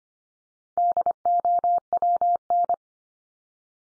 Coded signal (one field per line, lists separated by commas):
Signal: Morse code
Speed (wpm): 25 wpm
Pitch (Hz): 700 Hz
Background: none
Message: DOWN